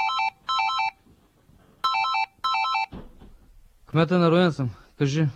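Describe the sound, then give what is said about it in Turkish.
A melodic electronic phone ringtone chirps in four short bright bursts, arranged as two pairs with a gap between, followed by a person starting to speak, during a busy day of a mayor, between phone calls. “İki telefon arasında bana belediye meclisinde Türk azınlığın ağırlığını koyarak öğrencilere tahsis edilen burs politikasını kendi lehlerine nasıl değiştirdiklerini anlattı.”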